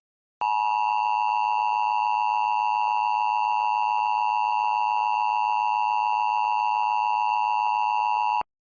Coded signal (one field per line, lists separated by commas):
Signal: Emergency Alert System (SAME) tones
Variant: 853 and 960 Hz attention tone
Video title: EAS Mock #32: The Blue Moon